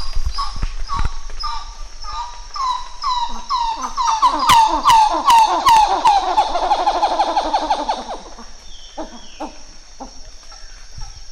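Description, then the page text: Coppery titi monkey duet: loud, rapidly repeated pumping calls with rich harmonics, building in pace and intensity, then trailing off into quieter notes after about eight seconds. Duet by group 6, recorded 11 July 2018 at 08:02. "Plecturocebus cupreus. Gr 6 duet 20180711 080200"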